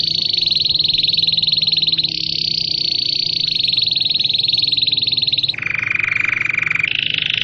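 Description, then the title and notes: Domestic canary delivering sustained rolling trills, then dropping abruptly into a lower, fuller tour before rising again to a higher trill. Belgian canary, singing. "Canário Belga Campainha Canary Singing. Canario Belga Cantando"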